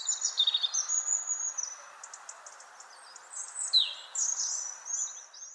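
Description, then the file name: European robin high, thin warbling phrases mixing sustained whistles, rapid trills and a sharply falling note, fluttering and varied, with brief pauses. "Erithacus rubecula"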